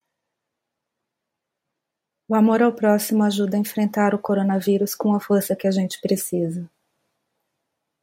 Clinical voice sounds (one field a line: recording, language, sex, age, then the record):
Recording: spoken sentence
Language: Brazilian Portuguese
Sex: female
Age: 50 to 59 years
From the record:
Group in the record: control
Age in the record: 52 years